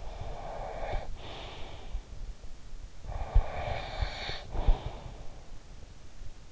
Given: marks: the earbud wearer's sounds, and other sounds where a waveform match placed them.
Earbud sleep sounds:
sounds in sleep by an in-ear microphone; breath, snoring breath
0.00-2.31 s: breath
2.79-5.49 s: snoring breath

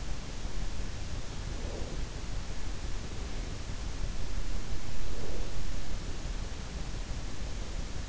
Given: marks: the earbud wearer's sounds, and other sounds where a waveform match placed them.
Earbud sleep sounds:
sounds in sleep by an in-ear microphone; breath
1.36-2.01 s: breath
4.92-5.66 s: breath

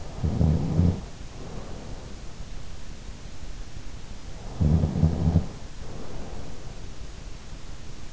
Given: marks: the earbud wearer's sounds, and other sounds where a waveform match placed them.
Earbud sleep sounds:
sounds in sleep by an in-ear microphone; snoring breath
0.00-2.40 s: snoring breath
4.52-6.83 s: snoring breath

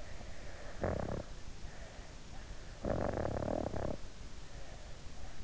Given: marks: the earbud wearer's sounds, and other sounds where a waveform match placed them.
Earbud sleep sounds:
sounds in sleep by an in-ear microphone; snoring breath
0.30-1.73 s: snoring breath
2.63-4.37 s: snoring breath

